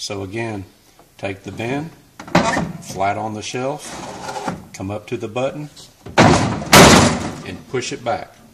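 A plastic gravity-feed bin is laid flat on a shelf and slid up to the shelf's retaining button while someone talks. It is then pushed back, with handling thumps near 6.1 and 6.7 seconds. Nothing has seated or clicked yet.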